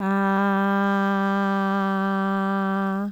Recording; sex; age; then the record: sustained vowel /a/; female; 50 to 59 years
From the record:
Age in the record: 56 years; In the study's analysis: included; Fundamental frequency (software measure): 196 Hz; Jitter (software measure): 0.38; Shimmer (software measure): 0.58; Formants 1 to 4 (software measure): 975 Hz, 1542 Hz, 2988 Hz, 3956 Hz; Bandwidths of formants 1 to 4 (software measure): 338 Hz, 210 Hz, 266 Hz, 347 Hz